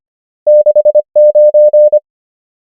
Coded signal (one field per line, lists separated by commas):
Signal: Morse code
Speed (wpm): 25 wpm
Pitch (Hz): 600 Hz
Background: none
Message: 6 9